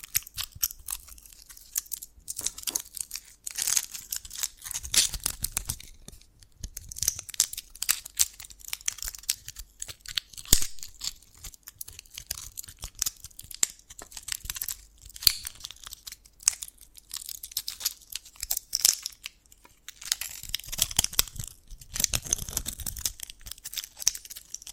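Dalgona candy being tapped and cracked, a dense run of sharp, crisp clicks and snaps that come in quick irregular bursts for the whole stretch. Louder cracks stand out now and then, around ten and twenty seconds, with brittle crunching and crinkling between them.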